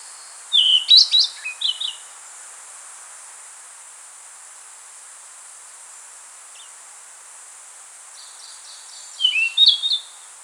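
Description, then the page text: Rufous-tailed flycatcher song in two short bursts of sharp, high slurred whistles, one at the start and one near the end, separated by about seven seconds of steady hiss. "Rufous-Tailed Flycatcher Song. Quick Sounds"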